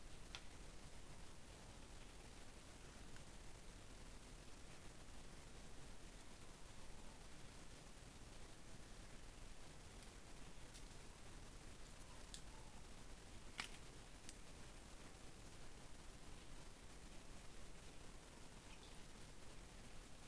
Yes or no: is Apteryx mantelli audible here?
no